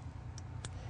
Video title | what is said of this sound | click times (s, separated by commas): tuoi tu dong - Cong nghe 2 day. 5/8 | you want to hear that snap as well | 0.4 s, 0.7 s